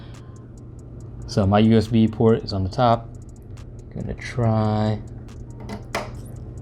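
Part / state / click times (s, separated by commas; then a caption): USB plug into TV USB port / seated / 6.0 s. Someone talks while pushing a USB plug into the USB port on top of a TCL Roku TV, with a few faint ticks and taps in between. At 6.0 s a sharp, loud click is heard as the plug snaps into the port and seats.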